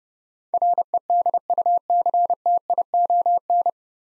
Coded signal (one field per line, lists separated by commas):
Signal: Morse code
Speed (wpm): 28 wpm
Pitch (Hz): 700 Hz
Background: none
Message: REDUCTION